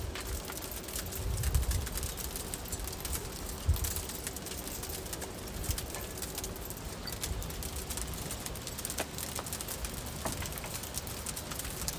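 Hail patters steadily in dense, irregular ticks and sharp clicks, with a few low thumps near the start and a faint cooing underneath.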